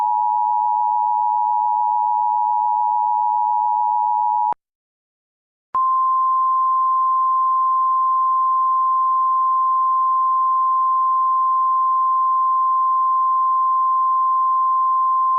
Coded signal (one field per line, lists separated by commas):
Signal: Emergency Alert System (SAME) tones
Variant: 853 and 960 Hz attention tone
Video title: EAS MOCK 3: Tornado Warning for Mercer and Harrison MO.